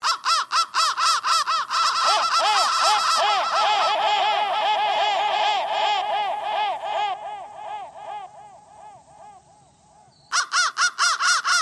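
Crow cawing in a fast, dense run of harsh arched notes, about two a second, fading away and then breaking off before a loud burst restarts.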